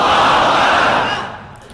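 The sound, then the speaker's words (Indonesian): A crowd shouting loudly together, a dense roar of many voices that holds strong for about a second, then fades and thins out toward the end. “Dari bunyi teriakannya nampaknya makan sebelum sholat Jumat.”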